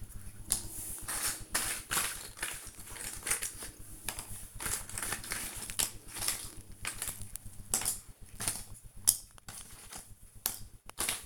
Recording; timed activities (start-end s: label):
household activities, microphone on the right wrist
0.00-11.26 s: doing a puzzle